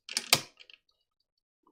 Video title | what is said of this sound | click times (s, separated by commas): Zeta Toys: ZB-02 - Kronos - Air Strike (Air Raid) | click need is in okay now | 0.3 s